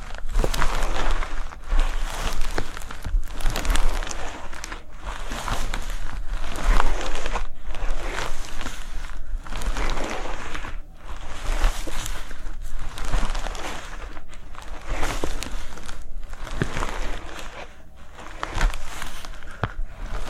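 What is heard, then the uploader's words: Cork is handled in a steady run of scratching and rubbing, a dense, crackly texture that fills the mid and upper range. The sound breaks into short strokes with brief pauses roughly every second, keeping a fairly even level throughout. ASMR Cork Triggers. (No Talking).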